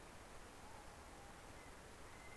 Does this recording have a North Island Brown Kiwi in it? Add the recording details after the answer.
yes. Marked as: faintness 3/5. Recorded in New Zealand on 17 November 2013. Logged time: 03:42. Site BS16